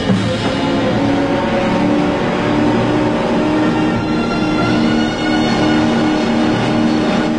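A loud, steady roar of a speedboat engine with its fuel tank shot out as the boat runs up onto the shore of a small island, a dense low rumble with rough grinding texture at high revs and only a brief dip in level near the end.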